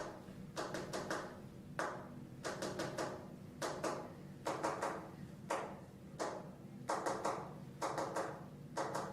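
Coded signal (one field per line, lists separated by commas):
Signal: tap code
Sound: hollow knocks on a hard surface in short groups of a few taps, pausing between groups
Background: faint room hum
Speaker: When we weren't together, we'd send secret messages by tapping out a code that we'd learn from a book. There's the tapping. The knock code. Okay. Something prisoners of war would use.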